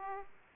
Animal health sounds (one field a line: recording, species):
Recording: mosquito wingbeat signal from an infrared sensor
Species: Aedes aegypti